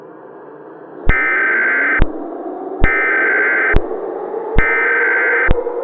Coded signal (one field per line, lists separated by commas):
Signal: Emergency Alert System (SAME) tones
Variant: header bursts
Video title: EAS Mini Scenario - Rising Heat